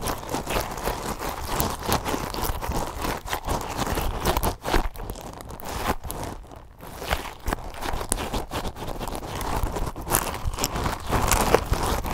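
Fast, aggressive crunching and crinkling right against the mic, a dense continuous scratchy texture with brief quieter gaps around five and seven seconds.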